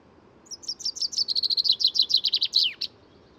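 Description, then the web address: Chaffinch singing a descending series of rapid notes that speeds into a trill, then slows to louder notes and closes with a short downward-sweeping end. "SETE Fringilla coelebs"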